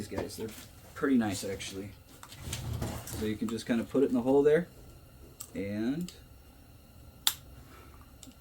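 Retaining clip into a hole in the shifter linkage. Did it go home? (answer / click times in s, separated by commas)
yes / 7.3 s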